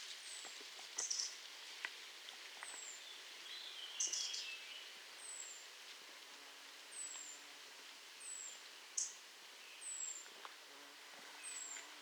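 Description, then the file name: European robin calls: high, thin, down-slurred whistles repeated several times, with a few sharper, louder bursts. "Erithacus rubecula"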